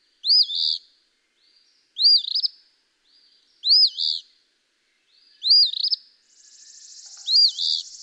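Eastern phoebe repeating its rough, two-note fee-bee phrase five times, about every two seconds, with a buzzy hiss toward the end.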